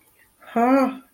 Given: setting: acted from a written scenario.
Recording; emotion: vocal sound without words; ecstasy